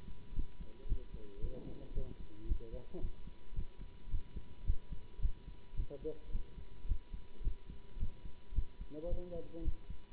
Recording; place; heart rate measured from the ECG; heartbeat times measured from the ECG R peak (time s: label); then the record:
heart sounds by stethoscope; between the tricuspid and mitral areas; 110 bpm
0.34 s: heartbeat
0.87 s: heartbeat
1.40 s: heartbeat
1.93 s: heartbeat
2.46 s: heartbeat
3.00 s: heartbeat
3.54 s: heartbeat
4.09 s: heartbeat
4.65 s: heartbeat
5.20 s: heartbeat
5.75 s: heartbeat
6.30 s: heartbeat
6.86 s: heartbeat
7.42 s: heartbeat
7.98 s: heartbeat
8.53 s: heartbeat
9.08 s: heartbeat
9.63 s: heartbeat
From the record:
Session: Bruce protocol treadmill stress test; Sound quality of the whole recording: good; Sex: male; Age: 24 years